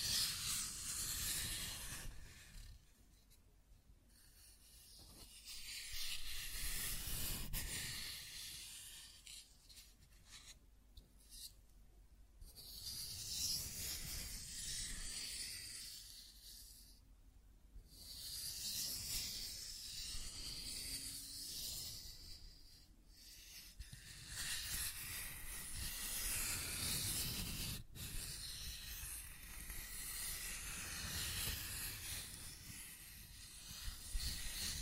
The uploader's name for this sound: Scratching and Tracing Sounds